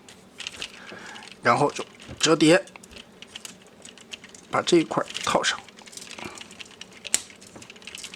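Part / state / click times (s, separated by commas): plastic armor piece into the toy robot body / seated / 7.1 s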